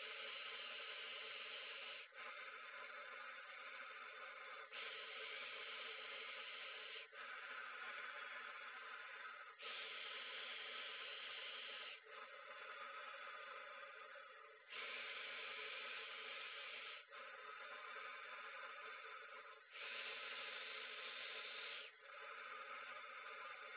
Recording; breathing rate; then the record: paced breathing near a phone; 12 breaths a minute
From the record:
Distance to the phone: 20 cm